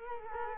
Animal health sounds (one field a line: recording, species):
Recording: mosquito wingbeat signal from an infrared sensor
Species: Culex quinquefasciatus